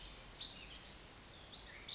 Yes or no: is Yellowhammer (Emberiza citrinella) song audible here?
no